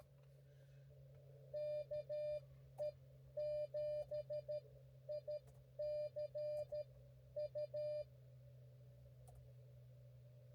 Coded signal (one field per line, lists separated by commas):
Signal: Morse code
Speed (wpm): 14 wpm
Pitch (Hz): 590 Hz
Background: none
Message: KE7ICU